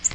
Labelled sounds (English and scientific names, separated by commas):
Nashville Warbler (Leiothlypis ruficapilla) flight call